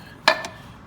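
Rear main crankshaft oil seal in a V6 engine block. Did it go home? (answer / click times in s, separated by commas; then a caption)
released / 0.3 s. A chisel tapped into the corner of the rubber-and-metal rear main crankshaft oil seal in a Nissan 3.5 V6 engine block is twisted until the seal pops free of the block. A sharp, bright pop lands at 0.3 s, followed by a fainter tick around 0.45 s, against a quiet background. The seal is released.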